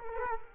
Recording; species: mosquito wingbeat signal from an infrared sensor; Culex quinquefasciatus